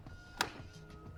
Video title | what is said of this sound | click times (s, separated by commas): The BEST Electric Scooter For The Price!! -- GEOfought M11 Unboxing/Review | Boom. It locks into place and then | 0.4 s